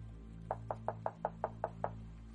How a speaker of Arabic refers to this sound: كان بوارو في مقصورته وسمع قرع الزوج الذي يكاد يوحي بالشعور بالذنب على باب مقصورته، ثم سمع القرع يتكرر ومحاولة فتح باب المقصورة